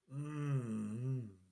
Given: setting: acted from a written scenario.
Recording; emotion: vocal sound without words; ecstasy